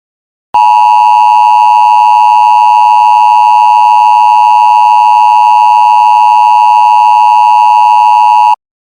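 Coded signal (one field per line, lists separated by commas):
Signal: Emergency Alert System (SAME) tones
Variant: 853 and 960 Hz attention tone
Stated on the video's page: Simulated alert scenario with multiple sirens from another creator.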